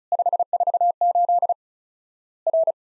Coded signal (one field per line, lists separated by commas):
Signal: Morse code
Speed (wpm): 36 wpm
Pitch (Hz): 700 Hz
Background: none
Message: 548 R